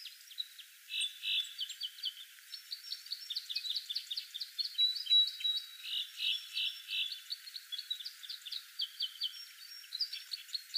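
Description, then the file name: Red crossbill calls: rapid run of short, sharp high chips with a few buzzy warbled phrases, notes coming about three per second throughout. "Loxia curvirostra"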